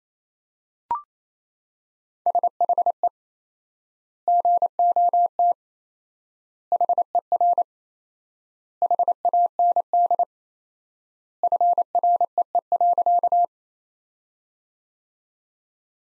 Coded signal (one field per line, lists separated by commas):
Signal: Morse code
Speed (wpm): 28 wpm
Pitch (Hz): 700 Hz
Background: none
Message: SHE GOT HER HAND FREE.